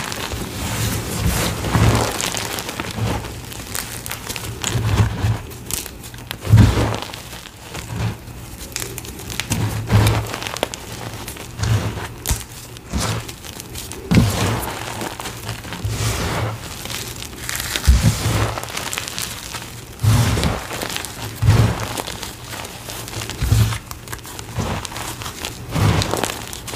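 Gym chalk being carved and crushed, with dense, crisp crunching and crinkling scrapes running throughout. Sharper cracks stand out every few seconds, around 2, 6.5, 10, 18 and 23 seconds. A low steady hum sits underneath the whole time.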